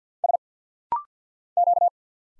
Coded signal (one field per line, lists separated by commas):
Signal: Morse code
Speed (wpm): 48 wpm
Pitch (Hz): 700 Hz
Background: none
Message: S Q